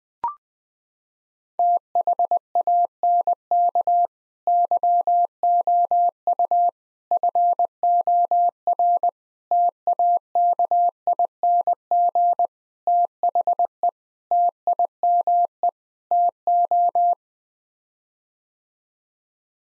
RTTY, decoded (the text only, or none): none